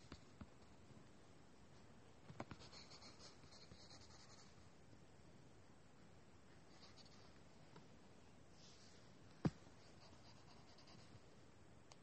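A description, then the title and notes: Quiet drawing and writing sounds: a pen or pencil scratches and rubs across paper in soft, uneven strokes, with brighter bursts of scribbling around two to four seconds and near seven. A sharp tap lands just past nine seconds. Doing homework drawing and writing sounds. Lots of writing sounds.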